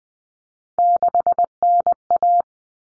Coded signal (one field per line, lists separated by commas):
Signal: Morse code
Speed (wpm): 20 wpm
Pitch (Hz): 700 Hz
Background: none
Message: 6NA